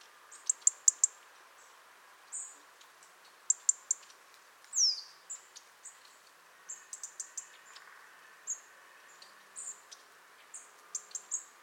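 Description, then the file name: European robin calls: scattered sharp, very high ticks and thin whistled notes, sometimes in quick groups of three or four, with one brief falling squeal, against a quiet hissing background. "Erithacus rubecula"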